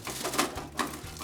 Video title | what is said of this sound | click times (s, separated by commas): Heater Vent Overhaul | flexible there's an opening in it and it just snaps into place | 0.8 s